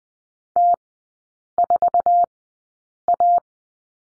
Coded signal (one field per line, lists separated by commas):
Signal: Morse code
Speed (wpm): 20 wpm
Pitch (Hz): 700 Hz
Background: none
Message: T4A